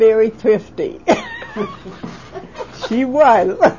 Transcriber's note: both laugh